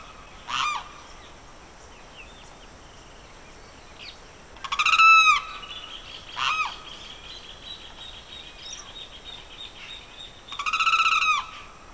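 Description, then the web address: Bird calls in the evening: a few loud, harmonic squawks in bursts several seconds apart, over steady high background tones. Evening birdsong recorded in the Pantanal swamp, rural South America. "The BBC Sound Effects Library. Evening Birdsong, Pantanal Swamp"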